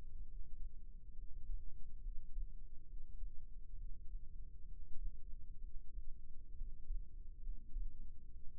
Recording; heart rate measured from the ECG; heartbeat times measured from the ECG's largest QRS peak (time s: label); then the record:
heart sounds by microphone in the left ear; 67 bpm
0.27 s: heartbeat
1.16 s: heartbeat
2.04 s: heartbeat
2.88 s: heartbeat
3.77 s: heartbeat
4.68 s: heartbeat
5.62 s: heartbeat
6.57 s: heartbeat
7.43 s: heartbeat
8.33 s: heartbeat
From the record:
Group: healthy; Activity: rest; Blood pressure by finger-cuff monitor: 99/62 mmHg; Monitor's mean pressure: 74 mmHg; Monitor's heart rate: 67 bpm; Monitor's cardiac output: 6.1 L/min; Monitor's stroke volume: 88 mL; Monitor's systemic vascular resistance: 860 dyn s/cm5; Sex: male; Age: 22 years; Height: 181 cm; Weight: 79 kg